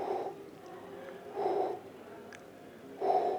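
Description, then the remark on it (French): A voice imitates soft breathing: three gentle, breathy puffs spaced evenly about a second and a half apart, each short and hushed, with quiet pauses between. “C'était un petit souffle, quelque chose qui faisait vraiment...”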